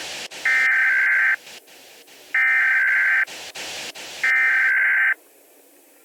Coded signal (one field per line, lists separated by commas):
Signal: Emergency Alert System (SAME) tones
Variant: header bursts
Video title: EAS Alert for Dillon County - DILLON COUNTY VHS